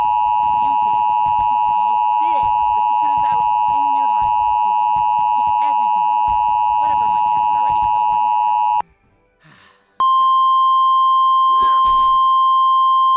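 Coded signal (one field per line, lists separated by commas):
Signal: Emergency Alert System (SAME) tones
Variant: 853 and 960 Hz attention tone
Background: music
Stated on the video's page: Fictional mock tornado warning with valid tones, using EASyPLUS noise; set in Oklahoma.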